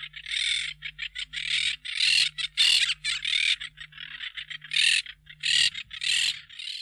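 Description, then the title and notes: Monk parakeet giving harsh, grating squawks in rapid irregular bursts over a faint steady low hum. "Museo de Ciencias de Bahía Blanca. Cotorra (Myiopsitta monachus)"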